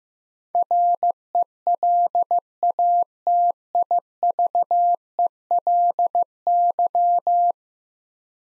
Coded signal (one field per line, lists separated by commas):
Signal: Morse code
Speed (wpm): 15 wpm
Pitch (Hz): 700 Hz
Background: none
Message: RELATIVELY